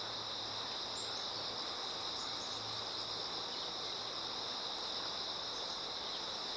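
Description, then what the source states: High insect trilling holds steady throughout, over running water, with a few faint short chirps above. Insects singing in chorus beside a slowly flowing river.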